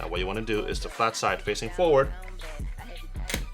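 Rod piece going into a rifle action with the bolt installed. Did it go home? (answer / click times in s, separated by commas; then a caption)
yes / 3.3 s. Someone talks while a rod piece, flat side facing forward, is pushed firmly into a rifle action with the bolt reinstalled and in its locked position. A sharp click at 3.3 s and another at 3.3 s (3.34 s) mark the rod seating, and it locks into place.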